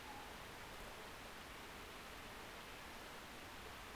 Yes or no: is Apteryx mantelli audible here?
no